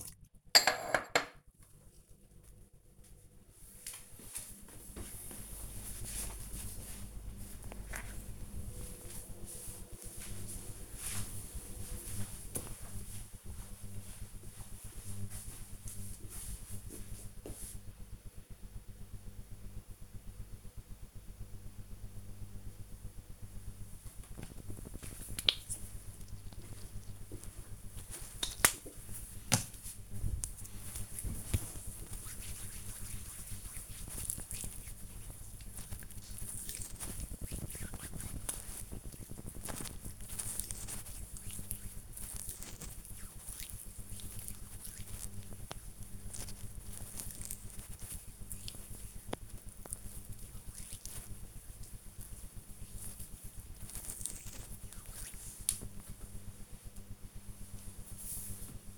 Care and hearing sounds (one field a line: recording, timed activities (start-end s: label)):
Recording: household activities, microphone on the right wrist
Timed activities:
0.00-1.39 s: washing dishes
23.53-55.70 s: cream hands